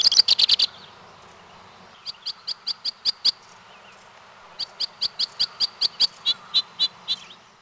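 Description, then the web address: White-winged crossbill calls: short, sharp, dry high notes given in quick bursts, with pauses between the series. "Peterson North American Birds"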